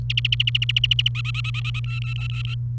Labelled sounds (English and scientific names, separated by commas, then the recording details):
Domestic Canary (Serinus canaria) song
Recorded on 29 April 2018 at 11:54
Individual llb3